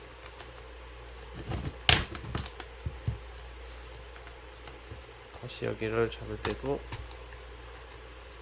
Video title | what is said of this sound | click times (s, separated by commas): Galaxy Note 10.1 2014 Edition How to replace the motherboard, 메인보드 교체 방법 | 밀어 주시면 이런식으로 벌어져야 좀 타닥 소리로서 4 아 4 것이 | 1.9 s